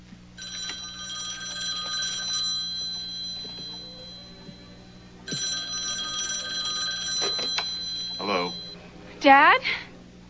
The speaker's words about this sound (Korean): 그때 전화가 옵니다. 애니였죠.